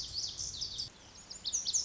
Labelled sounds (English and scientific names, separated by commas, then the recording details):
Lazuli Bunting (Passerina amoena)
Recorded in Sonoma County, California